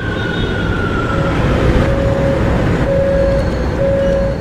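Metro train ambience: a steady, loud low rumble with a sustained high electric whine running through it, with no voices present.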